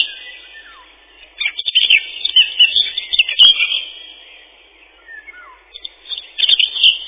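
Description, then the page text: Common whitethroat song: short, scratchy, hurried warbling phrases in bursts separated by pauses, with soft descending whistles between. Song a chattering 'tirli-vi-tir-li-chet-chit-chitirli'. "Серая славка, или славка-говорунчик — Sylvia communis. Пение. Песня — щебетание “тирли-ви-тир-ли-чет-чит-читирли”"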